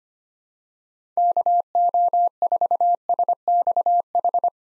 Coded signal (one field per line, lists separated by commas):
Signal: Morse code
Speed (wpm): 25 wpm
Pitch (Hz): 700 Hz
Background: none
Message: KO4SXH